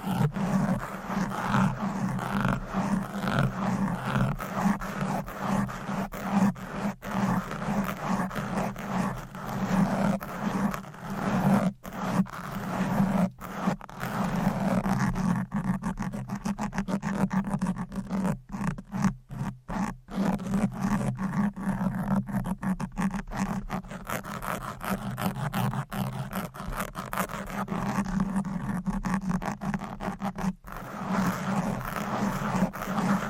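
Fast, aggressive scratching on a microphone runs for the whole clip, a dense rasping scrape like a zipper or file being dragged. Rapid strokes repeat with brief dropouts around 7, 12–14, 17–20 and 30 seconds, over a steady low hum.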